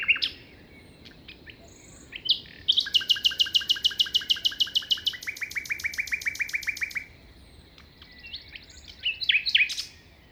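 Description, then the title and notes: Common nightingale song with a long loud series of rapid pulsed notes lasting several seconds, then sharp whistled phrases, with low wind noise beneath. Nightingale singing beside a path at 5:05 am, 21 May 2019, Plateau de Lesches en Diois; windy; recorded in stereo on a Nagra Seven with MKH40 microphones. "Plateau de Lesches en diois. un rossignol en bord de chemin"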